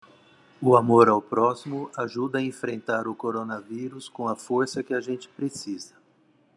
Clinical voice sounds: spoken sentence; Brazilian Portuguese; male; 50 to 59 years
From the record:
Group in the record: control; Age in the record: 57 years

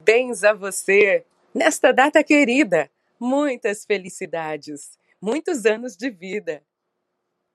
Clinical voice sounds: short text; Brazilian Portuguese; female; 40 to 49 years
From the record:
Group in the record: control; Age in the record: 43 years

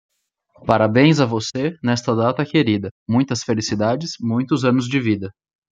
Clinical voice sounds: short text; Brazilian Portuguese; male; 30 to 39 years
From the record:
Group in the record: control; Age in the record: 31 years

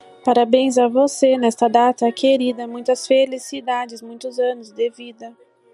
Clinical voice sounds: short text; Brazilian Portuguese; female; 20 to 29 years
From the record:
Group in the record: control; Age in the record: 27 years

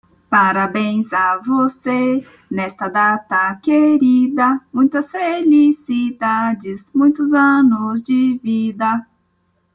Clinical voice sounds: short text; Brazilian Portuguese; female; 20 to 29 years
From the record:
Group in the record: control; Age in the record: 29 years

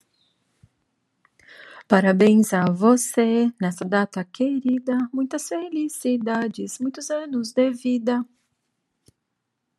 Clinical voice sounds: short text; Brazilian Portuguese; female; 40 to 49 years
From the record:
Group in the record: control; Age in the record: 49 years

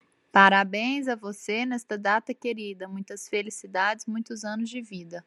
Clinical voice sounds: short text; Brazilian Portuguese; female; 30 to 39 years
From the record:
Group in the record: control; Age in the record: 36 years

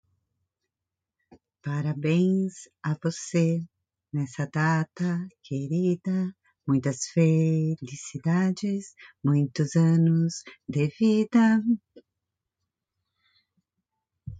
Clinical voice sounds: short text; Brazilian Portuguese; female; 50 to 59 years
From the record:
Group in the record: control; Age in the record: 52 years

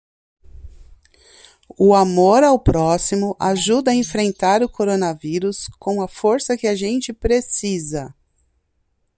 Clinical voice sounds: spoken sentence; Brazilian Portuguese; female; 40 to 49 years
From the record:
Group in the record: control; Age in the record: 43 years

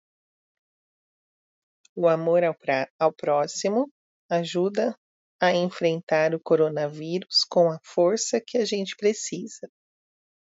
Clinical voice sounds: spoken sentence; Brazilian Portuguese; female; 30 to 39 years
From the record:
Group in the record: control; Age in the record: 35 years

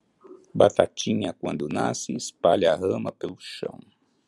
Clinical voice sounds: short text; Brazilian Portuguese; male; 60 to 69 years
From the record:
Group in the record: control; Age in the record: 65 years

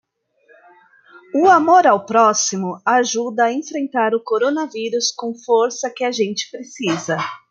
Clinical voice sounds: spoken sentence; Brazilian Portuguese; female; 30 to 39 years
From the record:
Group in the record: control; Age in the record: 39 years

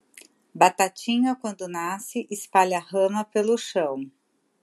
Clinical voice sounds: short text; Brazilian Portuguese; female; 50 to 59 years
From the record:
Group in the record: control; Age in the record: 56 years

